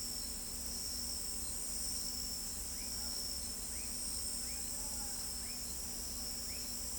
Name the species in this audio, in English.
none